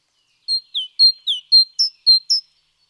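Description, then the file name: Great tit singing one quick strophe of eight bright notes in a see-saw rhythm, alternating between two pitches. "Parus major"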